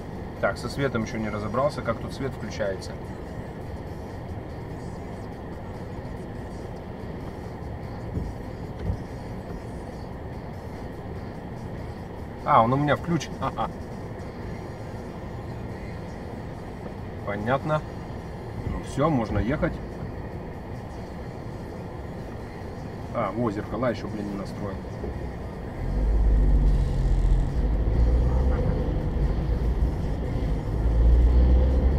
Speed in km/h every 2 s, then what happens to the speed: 0, 0, 0, 0, 0, 0, 0, 0, 0, 0, 0, 0, 0, 16, 24, 34.
0-24 standing. 24-32 pulls away to 34.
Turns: none.